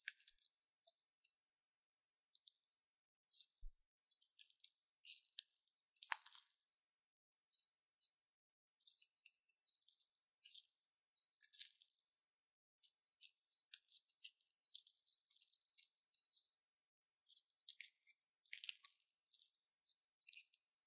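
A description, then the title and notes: Crunchy slime being squeezed and pressed, heard as a fast, irregular stream of crackles, pops and wet squishes. The sounds are bright and crisp with almost no low end, coming in dense bursts separated by brief near-silent gaps throughout. 療癒滿滿的史萊姆聲音. Satisfying Crunchy Slime Sounds | No Talking.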